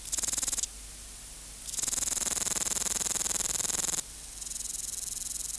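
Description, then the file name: Meadow katydid song: loud, rapidly ticking rasping buzz in bursts, broken by two short gaps of lower hiss. "Conocephalus kisi"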